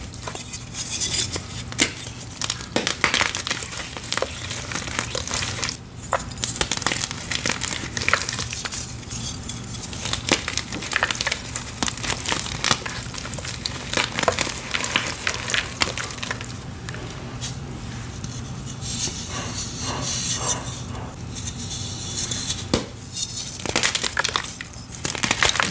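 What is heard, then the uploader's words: Dyed gym chalk blocks are crushed into a bowl of water, giving a dense run of crunchy, crumbly crackles with gritty bright edges. Sharper snaps stand out near 6, 17 and 23 seconds over a low steady hum, and the crushing continues without pause. Dyed gym chalk blocks being crushing into a bowl of water. Loud crunchy sounds, crushing gym chalk, water sounds.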